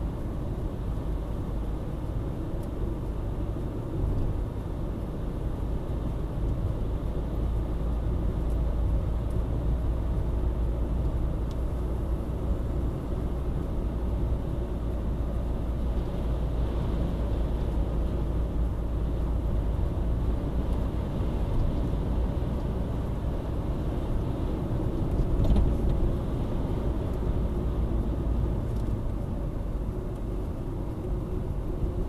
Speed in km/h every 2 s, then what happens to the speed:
56, 55, 56, 58, 58, 60, 63, 64, 59, 60, 63, 65, 67, 65, 52, 48.
17-24 speeds up to 67. 24-29 brakes to 48.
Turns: none.